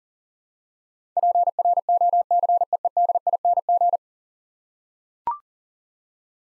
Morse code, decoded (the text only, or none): PROCEEDING